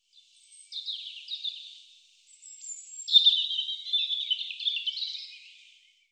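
European robin song: two short sliding twitters, a thin high drawn-out whistle, then a long rich warbling run of quick trills that fades at the end.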